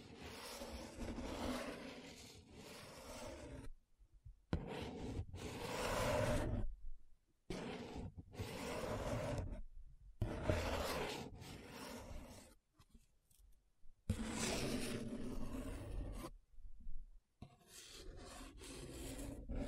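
Paper being rubbed and scratched in long, rasping strokes that fill the whole range from low rumble to bright hiss. The strokes come in bursts of one to four seconds, separated by abrupt near-silent gaps around 4, 7.5, 10, 12.5 and 17 seconds.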